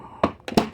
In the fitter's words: it snaps right there. So very easy to assemble right there.